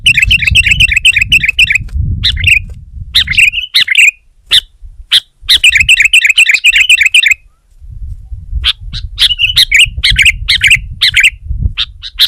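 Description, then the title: Sooty-headed bulbul chattering song: bursts of bubbly chirping notes separated by sharp clicks, over a low rumble. "kutilang"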